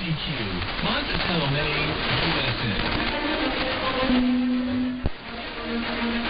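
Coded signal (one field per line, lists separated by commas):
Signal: numbers station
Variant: HM01, Spanish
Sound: voice reading Spanish numbers over shortwave noise, then a steady low hum, a click, hum again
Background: radio static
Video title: 20 07 2022 Numbers HM01 Cuban Spy in Spanish 0701 on 9330 Bejucal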